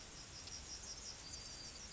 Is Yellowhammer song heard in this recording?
yes